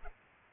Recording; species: mosquito wingbeat signal from an infrared sensor; Culex pipiens